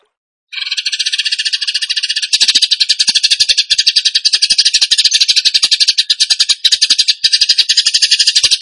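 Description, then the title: Bird song: a thin, buzzy high trill swells into a loud, dense, scratchy chatter that runs on continuously. Masteran training recording; song in the tembakan gacor style. "Masteran Burung Tembakan Gacor"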